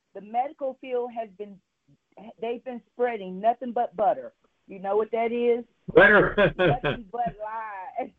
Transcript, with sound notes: The medical field has been ... Th- they've been spreading nothing but butter. You know what that is?
Butter. (laughs)
Nothing but lies.